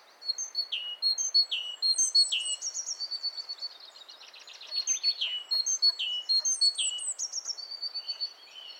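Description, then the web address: Great tit calls: almost unbroken stream of thin high chirps and falling notes, with a few buzzy trilled notes midway. "SETE Parus major"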